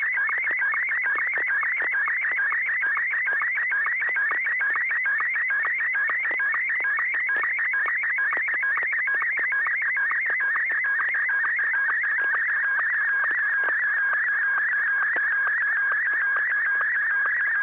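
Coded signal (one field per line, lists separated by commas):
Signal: SSTV (slow-scan television)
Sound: warbling, chirping tone shifting rapidly in pitch with steady rhythmic ticks, continuous throughout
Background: low mains hum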